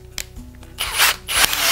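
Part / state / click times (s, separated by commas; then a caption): drill with bit into pocket-hole jig holder / seated / 0.2 s. A drill with its chucked bit is pushed into the drill holder of a plastic and metal Triton T6 pocket-hole jig with SpeedDrive until it latches with a sharp click at 0.2 s. Rubbing and scraping noises follow, and the bit is locked in place.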